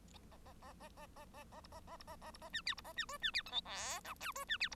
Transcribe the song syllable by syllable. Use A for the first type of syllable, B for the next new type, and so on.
A A A A A A A A B A A B A A B A C D B A C E C D F G H I J E C D B